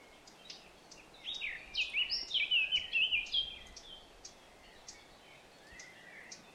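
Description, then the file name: Eurasian blackcap singing a brief soft warble that breaks into a loud run of rich, fluty whistled notes, then trails off into quieter twitters. "Sylvia atricapilla"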